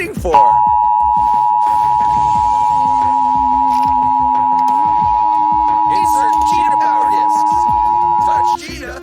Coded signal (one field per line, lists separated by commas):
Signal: Emergency Alert System (SAME) tones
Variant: 853 and 960 Hz attention tone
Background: speech, music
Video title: EAS #83-84: March 2024 West Virginia Required Monthly Test on Comcast & WNPB-TV